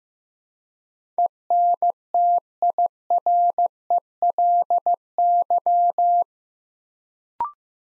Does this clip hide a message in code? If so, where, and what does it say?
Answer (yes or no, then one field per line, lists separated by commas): yes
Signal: Morse code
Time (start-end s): 1.2-6.2 s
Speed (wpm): 15 wpm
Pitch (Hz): 700 Hz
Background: none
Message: ENTIRELY